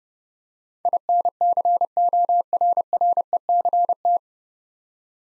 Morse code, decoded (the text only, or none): INCORRECT